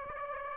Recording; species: mosquito wingbeat signal from an infrared sensor; Aedes aegypti